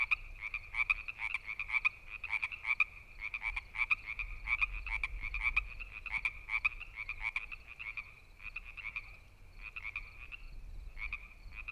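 Frog giving rapid pulsed croaks over a sustained whining tone, the bursts repeating about once a second.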